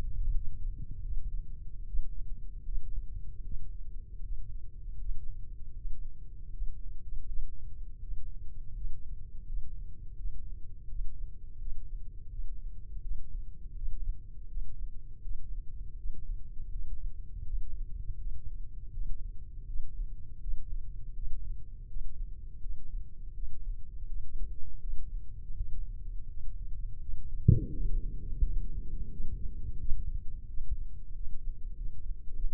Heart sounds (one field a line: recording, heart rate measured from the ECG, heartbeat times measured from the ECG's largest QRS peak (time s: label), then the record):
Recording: heart sounds by microphone in the left ear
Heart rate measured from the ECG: 82 bpm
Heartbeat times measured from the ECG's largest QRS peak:
0.31 s: heartbeat
1.01 s: heartbeat
1.83 s: heartbeat
2.60 s: heartbeat
3.39 s: heartbeat
4.16 s: heartbeat
4.93 s: heartbeat
5.69 s: heartbeat
6.46 s: heartbeat
7.21 s: heartbeat
7.96 s: heartbeat
8.69 s: heartbeat
9.41 s: heartbeat
10.12 s: heartbeat
10.84 s: heartbeat
11.55 s: heartbeat
12.26 s: heartbeat
12.98 s: heartbeat
13.71 s: heartbeat
14.45 s: heartbeat
15.19 s: heartbeat
15.93 s: heartbeat
16.67 s: heartbeat
17.41 s: heartbeat
18.14 s: heartbeat
18.89 s: heartbeat
19.63 s: heartbeat
20.37 s: heartbeat
21.11 s: heartbeat
21.84 s: heartbeat
22.57 s: heartbeat
23.31 s: heartbeat
24.04 s: heartbeat
24.77 s: heartbeat
25.52 s: heartbeat
26.24 s: heartbeat
26.96 s: heartbeat
27.68 s: heartbeat
28.39 s: heartbeat
29.08 s: heartbeat
29.76 s: heartbeat
30.45 s: heartbeat
31.11 s: heartbeat
31.73 s: heartbeat
32.32 s: heartbeat
From the record:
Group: healthy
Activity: breath hold 0-27 s, rest 27-33 s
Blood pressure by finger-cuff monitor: 114/85 mmHg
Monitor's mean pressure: 93 mmHg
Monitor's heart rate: 82 bpm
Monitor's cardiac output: 5.8 L/min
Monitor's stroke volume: 71 mL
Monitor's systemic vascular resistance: 1160 dyn s/cm5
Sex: male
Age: 21 years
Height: 180 cm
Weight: 67.5 kg